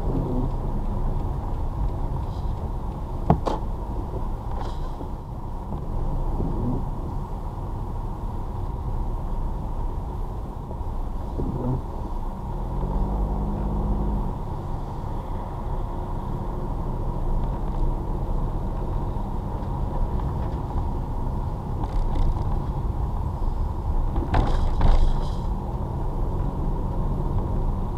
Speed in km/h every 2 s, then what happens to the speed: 13, 13, 11, 11, 13, 10, 8, 15, 13, 18, 18, 15, 13, 18.
0-12 steady at about 11. 12-18 speeds up to 18. 18-24 steady at about 15.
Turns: 19-24.